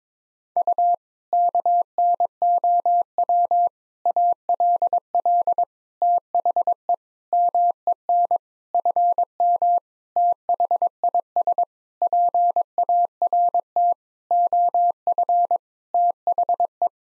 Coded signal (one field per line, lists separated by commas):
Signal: Morse code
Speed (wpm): 22 wpm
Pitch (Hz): 700 Hz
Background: none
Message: U KNOW ALL THE MEN FM THIS PART OF THE